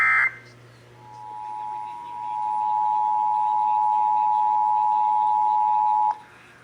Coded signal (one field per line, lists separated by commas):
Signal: Emergency Alert System (SAME) tones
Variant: 853 and 960 Hz attention tone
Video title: (EAS #537-544) November 2023 Texas Required Monthly Test